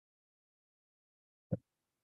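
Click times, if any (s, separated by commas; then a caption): 1.5 s. While a lock cylinder is reassembled, its plug is rolled against a spring-loaded detent, and after near silence a single short, sharp click sounds at 1.5 s. The detent seats into place; before this it had not seated fully because the spring was pushing out slightly on the back detent.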